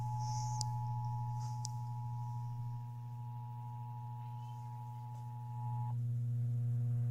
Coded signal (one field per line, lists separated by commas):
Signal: Emergency Alert System (SAME) tones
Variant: 853 and 960 Hz attention tone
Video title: Illinois Required Monthly Test (EAS 211-213) (FM EAS 3-5)